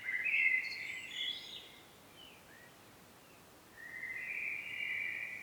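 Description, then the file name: Common blackbird song: a warbling phrase with thin high twitters, a gap of about two seconds, then a sustained mellow fluted phrase. "Turdus merula"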